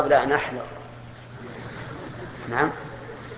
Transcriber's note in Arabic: ضحك الحضور